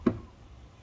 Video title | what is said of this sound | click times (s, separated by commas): เปลี่ยนไฟเบรค mu7 ง่ายมากๆ น็อตแค่ 2 ตัว - EP.73 DiY | เข้าล็อคเรียบร้อยนะฮะ | 0.1 s